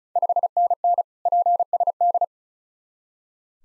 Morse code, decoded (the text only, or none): 5NN PSD